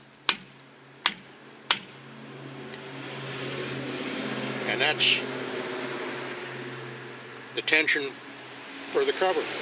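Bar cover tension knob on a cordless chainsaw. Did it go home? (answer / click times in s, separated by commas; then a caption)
yes / 0.3 s, 1.1 s, 1.7 s. The ratcheting tension knob holding the bar cover on a Dewalt cordless chainsaw is tightened onto its threaded post, following the manual's three clicks. Three loud, sharp clicks come at 0.3, 1.1 and 1.7 seconds. A steady hum then rises under the rest of the clip while someone talks.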